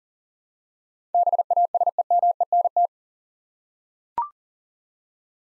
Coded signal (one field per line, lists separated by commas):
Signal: Morse code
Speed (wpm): 40 wpm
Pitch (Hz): 700 Hz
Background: none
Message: BASEMENT